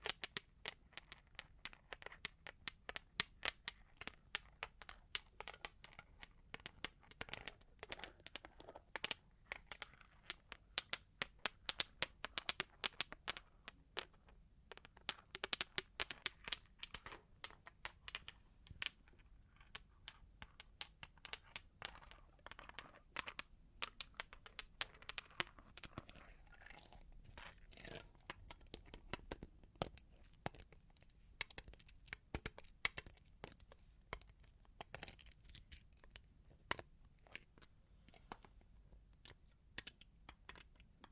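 Long claws tap and scratch in a busy, irregular patter of sharp clicks that runs throughout the whole 41 seconds. The clicks are bright and crisp, coming in quick clusters with brief gaps, over a faint low hum.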